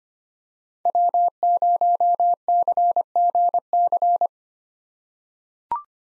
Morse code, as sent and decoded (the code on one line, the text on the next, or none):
.-- ----- -.-. --. -.-.
W0CGC